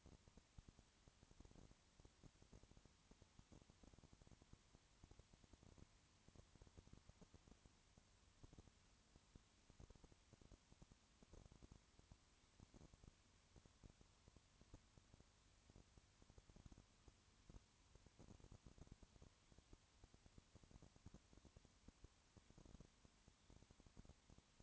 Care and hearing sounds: daily activity, microphone in the room; no activity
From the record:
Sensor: 3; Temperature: 20.5 degrees Celsius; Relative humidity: 34.6%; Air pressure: 1001.0 hPa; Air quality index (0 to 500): 195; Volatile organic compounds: 6 ppm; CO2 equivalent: 1858 ppm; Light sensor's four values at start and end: 2/3/2/2 and 2/3/2/2

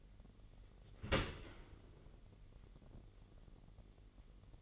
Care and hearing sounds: daily activity, microphone in the room; open dishwasher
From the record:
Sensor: 4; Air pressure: 999.1 hPa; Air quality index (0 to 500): 122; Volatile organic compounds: 2 ppm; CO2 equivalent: 1200 ppm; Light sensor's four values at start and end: 7/18/7/8 and 8/19/7/8

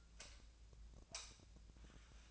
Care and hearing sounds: daily activity, microphone in the room; light off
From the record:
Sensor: 2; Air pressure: 1009.7 hPa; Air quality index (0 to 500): 181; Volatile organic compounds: 10 ppm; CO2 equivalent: 2257 ppm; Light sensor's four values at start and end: 31/83/35/37 and 26/64/28/30

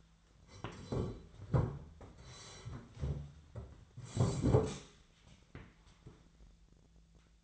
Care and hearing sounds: daily activity, microphone in the room; sit down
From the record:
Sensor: 3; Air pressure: 1008.0 hPa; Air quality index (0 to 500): 191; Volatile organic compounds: 14 ppm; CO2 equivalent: 2457 ppm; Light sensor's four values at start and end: 12/29/12/12 and 12/30/12/12

